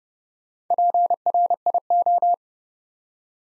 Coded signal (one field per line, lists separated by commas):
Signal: Morse code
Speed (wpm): 30 wpm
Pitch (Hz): 700 Hz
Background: none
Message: PRIO